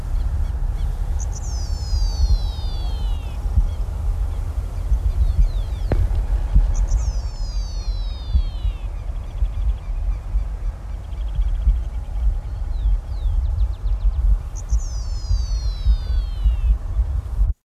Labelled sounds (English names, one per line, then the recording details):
Yellowish Pipit call
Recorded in the wild
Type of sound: call
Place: Rio Tercero, AR
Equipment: Halbspur, 9,5 cm/s
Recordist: Lütgens, Hans
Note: Rufe